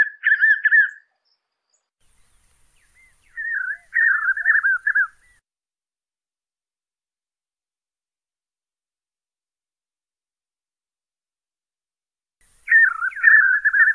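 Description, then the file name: Western striolated puffbird singing wavering whistled phrases, three bursts separated by long silent gaps, the notes warbling up and down in a narrow band. "Canto do rapazinho estriado do oeste"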